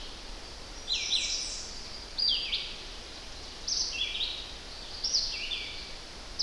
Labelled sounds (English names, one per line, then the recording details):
Red-eyed Vireo song
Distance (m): 35 m
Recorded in boreal forest in Alberta, Canada, on 10 June 2016 at 07:12
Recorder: SongMeter 3, array SBT-3-39
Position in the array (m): 201 m, 126 m